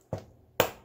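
A metal eyelet in a book cover is squeezed in a setting punch, and its middle collapses. A softer snap comes at 0.1 s, then a loud, sharp click at 0.6 s that fades quickly. The eyelet is set.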